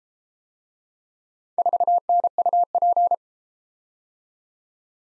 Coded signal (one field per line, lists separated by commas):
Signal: Morse code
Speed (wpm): 33 wpm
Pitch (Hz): 700 Hz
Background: none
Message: 4NUP